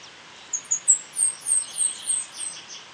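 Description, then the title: São Francisco Sparrow singing a steady run of about eight very high, thin, down-slurred whistles, evenly spaced, over faint background bird calls. "LuckyPassaro Completos2Sama. Sao Francisco Sparrow (Arremon franciscanus)"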